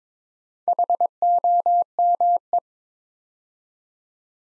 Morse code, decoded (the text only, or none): HOME